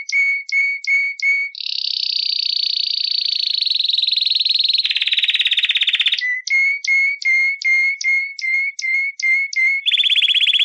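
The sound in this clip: Canary singing: sharp repeated notes about three per second, then sustained fast rolling trills, then another run of repeated notes ending in another fast trill.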